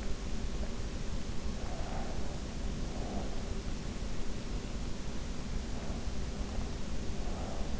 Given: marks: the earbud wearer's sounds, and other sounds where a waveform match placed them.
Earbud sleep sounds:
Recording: sounds in sleep by an in-ear microphone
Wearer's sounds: breath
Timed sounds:
1.48-3.58 s: breath

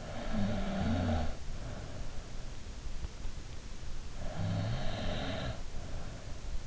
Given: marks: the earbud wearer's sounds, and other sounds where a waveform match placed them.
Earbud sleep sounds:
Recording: sounds in sleep by an in-ear microphone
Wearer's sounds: snoring breath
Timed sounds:
0.00-2.09 s: snoring breath
4.16-6.34 s: snoring breath

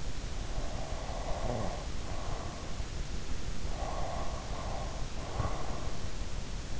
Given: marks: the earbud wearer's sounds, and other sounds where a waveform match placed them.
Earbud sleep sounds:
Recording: sounds in sleep by an in-ear microphone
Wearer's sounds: snoring breath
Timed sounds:
0.44-2.83 s: snoring breath
3.55-6.07 s: snoring breath

